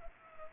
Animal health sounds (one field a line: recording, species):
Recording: mosquito wingbeat signal from an infrared sensor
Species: Culex pipiens